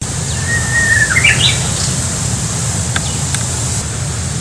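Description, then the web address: Japanese bush warbler song: a long steady whistle, then a quick rising flourish of higher notes, over a constant low rumble and a few faint clicks. Recorded on 9 March 2019. "shonin uguisu 20190309 uguisu"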